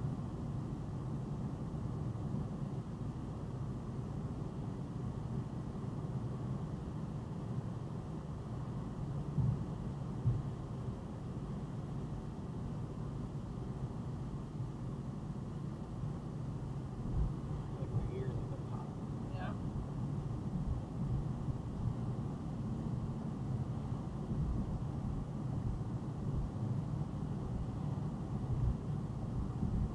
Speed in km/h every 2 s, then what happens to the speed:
97, 98, 100, 101, 101, 101, 98, 97, 95, 92, 93, 93, 93, 95, 93.
0-10 steady at about 100. 10-18 slows to 92. 18-30 steady at about 93.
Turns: none.